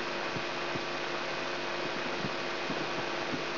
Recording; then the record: brain microelectrode recording played as sound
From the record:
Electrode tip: inside the subthalamic nucleus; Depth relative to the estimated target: -2 mm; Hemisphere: right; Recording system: AlphaMap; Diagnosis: Parkinson's disease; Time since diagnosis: 16 years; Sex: male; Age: 67 years